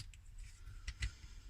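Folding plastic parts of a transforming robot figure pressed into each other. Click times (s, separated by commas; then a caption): 0.9 s, 1.0 s. Two folding plastic parts of a Transformers Generations Select Seacon Gulf (Skalor) figure are pressed into each other as the robot is converted into its gun mode. After faint handling rustle, two sharp clicks sound at 0.9 s and 1.0 s as the parts click into place and seat firmly.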